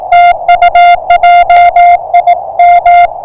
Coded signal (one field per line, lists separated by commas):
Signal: Morse code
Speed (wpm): 21 wpm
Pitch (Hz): 660 Hz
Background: music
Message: TU JIM